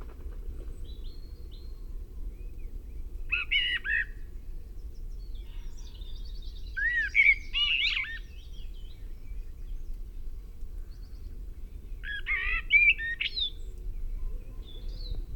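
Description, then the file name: Common blackbird phrases, three short bursts of fluted notes with high squeaky endings, over a steady low background rumble. "Turdus merula"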